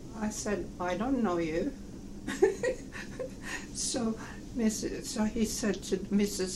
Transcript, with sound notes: I said, "I don't know you,". (laughs) So Mrs. - he said to Mrs.